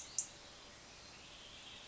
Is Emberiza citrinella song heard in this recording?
no